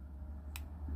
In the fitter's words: But there's no click onto the open.